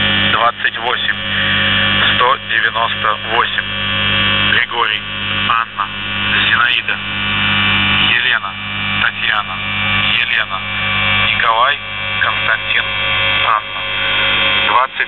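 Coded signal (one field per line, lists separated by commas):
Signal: numbers station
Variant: UVB-76, Russian voice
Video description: "The Buzzer" is a Russian military radiostation that broadcasts on 4625 kHz.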